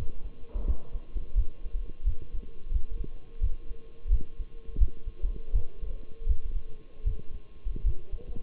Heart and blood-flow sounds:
heart sounds by stethoscope; between the tricuspid and mitral areas; 84 bpm
0.67 s: heartbeat
1.37 s: heartbeat
2.06 s: heartbeat
2.73 s: heartbeat
3.42 s: heartbeat
4.12 s: heartbeat
4.80 s: heartbeat
5.54 s: heartbeat
6.28 s: heartbeat
7.06 s: heartbeat
7.85 s: heartbeat
From the record:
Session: Bruce protocol treadmill stress test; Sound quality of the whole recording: partially saturated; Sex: male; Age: 23 years

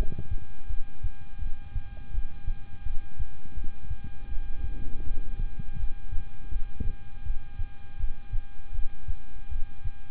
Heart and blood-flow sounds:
heart sounds by stethoscope; between the tricuspid and mitral areas; 82 bpm
0.67 s: heartbeat
1.39 s: heartbeat
2.11 s: heartbeat
2.83 s: heartbeat
3.55 s: heartbeat
4.29 s: heartbeat
5.04 s: heartbeat
5.77 s: heartbeat
6.49 s: heartbeat
7.23 s: heartbeat
7.97 s: heartbeat
8.72 s: heartbeat
9.49 s: heartbeat
From the record:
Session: rest, lying down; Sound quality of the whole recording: good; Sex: male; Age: 26 years

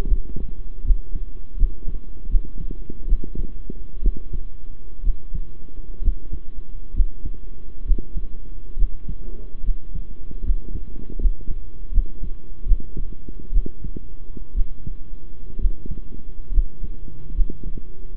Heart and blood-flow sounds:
heart sounds by stethoscope; between the tricuspid and mitral areas; 70 bpm
0.05 s: heartbeat
0.84 s: heartbeat
1.56 s: heartbeat
2.29 s: heartbeat
3.07 s: heartbeat
4.02 s: heartbeat
5.03 s: heartbeat
6.01 s: heartbeat
6.93 s: heartbeat
7.85 s: heartbeat
8.76 s: heartbeat
9.63 s: heartbeat
10.43 s: heartbeat
11.18 s: heartbeat
11.91 s: heartbeat
12.65 s: heartbeat
13.52 s: heartbeat
14.54 s: heartbeat
15.59 s: heartbeat
16.51 s: heartbeat
17.34 s: heartbeat
18.14 s: heartbeat
From the record:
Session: rest, sitting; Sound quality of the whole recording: good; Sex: male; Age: 23 years

